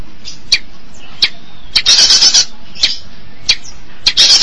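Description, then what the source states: Long-tailed Shrike song: sharp clicking notes every half to one second, with two bursts of dense, scratchy, buzzy high chatter. Recorded March 2017.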